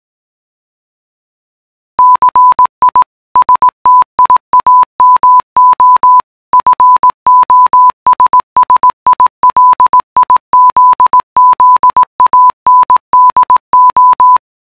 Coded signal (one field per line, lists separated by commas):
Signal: Morse code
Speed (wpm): 18 wpm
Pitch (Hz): 1000 Hz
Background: none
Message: CI STIAMO FOSSILIZZANDO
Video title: Ci stiamo fossilizzando in codice morse